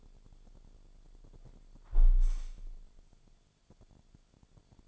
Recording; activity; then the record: daily activity, microphone in the room; close window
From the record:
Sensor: 5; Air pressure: 1000.5 hPa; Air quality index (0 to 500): 153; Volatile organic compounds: 2 ppm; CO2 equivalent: 1169 ppm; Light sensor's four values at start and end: 39/91/38/41 and 39/91/38/41